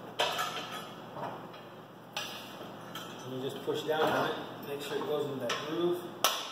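Someone talks while handling the folding arm of a metal ATV Backpacker Cart, pushing it down into a groove and flipping it over toward its frame latch. Sharp knocks sound at about 2.2 s and 3.0 s. The arm has not yet clicked or seated into the latch by the end of the clip.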